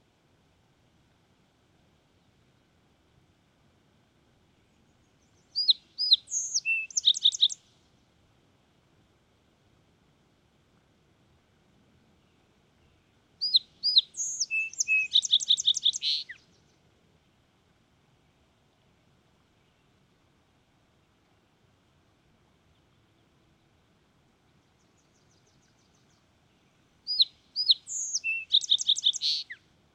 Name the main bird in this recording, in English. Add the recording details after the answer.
Song Sparrow. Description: Song Sparrow song recorded at Hollowell Park in Rocky Mountain National Park. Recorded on 6 June 2017